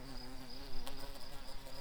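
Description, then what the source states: Garden bumblebee giving a steady low droning buzz throughout, with a brief click near the middle. Queen garden bumblebees.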